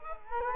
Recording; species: mosquito wingbeat signal from an infrared sensor; Culex quinquefasciatus